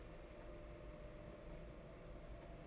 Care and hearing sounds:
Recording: daily activity, microphone in the room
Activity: take from stove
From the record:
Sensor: 5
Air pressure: 992.2 hPa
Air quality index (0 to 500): 210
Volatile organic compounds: 1000 ppm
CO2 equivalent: 6104 ppm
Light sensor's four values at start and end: 6/14/5/6 and 6/14/5/6

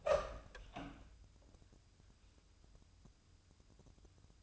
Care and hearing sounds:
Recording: daily activity, microphone in the room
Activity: open door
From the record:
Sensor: 2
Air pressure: 1004.8 hPa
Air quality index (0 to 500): 75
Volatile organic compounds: 1 ppm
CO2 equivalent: 890 ppm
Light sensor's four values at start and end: 7/17/7/7 and 7/17/7/7

